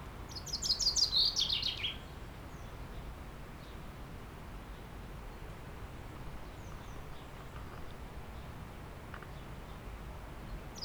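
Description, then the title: Common chaffinch song, a single bright, tumbling phrase ending in a flourish at the start, then quiet background hiss. Singing in a tree while preening; Aix-les-Bains, France. "30 Rue Eugène Fert, 73100 Aix-les-Bains, France - Pinson des arbres"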